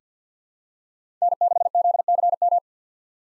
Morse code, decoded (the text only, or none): N6ZCM